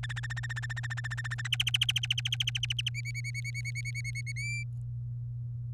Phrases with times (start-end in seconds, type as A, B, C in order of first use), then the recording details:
0.03-1.41 A, 1.45-2.89 B, 2.94-4.32 C, 4.36-4.63 D. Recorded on 24 April 2018 at 06:37. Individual llb3